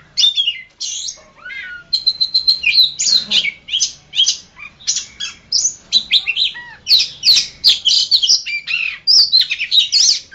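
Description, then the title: Oriental magpie-robin singing rich whistled and chattering phrases, including a held level whistle early on, then a fast continuous medley of varied high notes. "Kacer"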